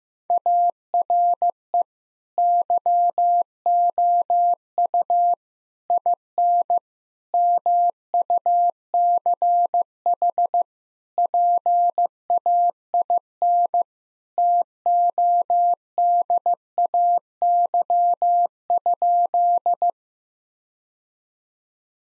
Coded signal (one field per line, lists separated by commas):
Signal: Morse code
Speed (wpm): 15 wpm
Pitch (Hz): 700 Hz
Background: none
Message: ARE YOU IN MUCH PAIN TODAY?